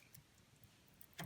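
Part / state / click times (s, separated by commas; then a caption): memory module into motherboard DIMM slot / not seated / none. A memory module is handled at a motherboard DIMM slot with a plastic latch that locks by itself once the stick goes fully home. There is a quiet low rumble, a brief tick near 1.0 s, and a brief louder knock near 1.2 s. Nothing has seated or clicked yet.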